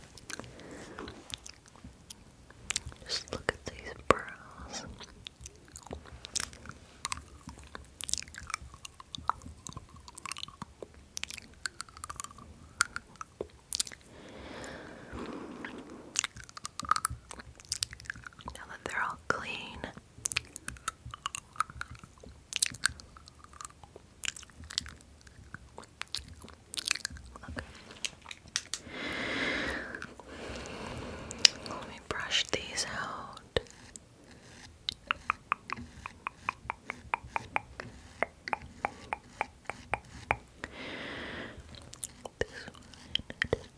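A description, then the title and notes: Eyebrow and skincare attention: dense crackly taps and scratches, brief soft speech, and rapid brushing bursts near the end. ASMR 30 Mins of Personal Attention Doing Your Eyebrows & Skincare.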